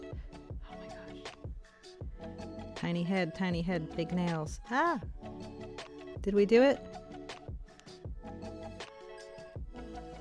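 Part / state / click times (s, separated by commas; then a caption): small plastic model kit part into its mating plastic part / not seated / none. A small plastic part with a tiny head and big pins from a 1/144 HGFC Nobel Gundam Gunpla model kit is pressed by hand into its mating plastic part while someone talks over background music. A few faint ticks and taps are heard, but nothing has seated or clicked yet: the part fails to click in.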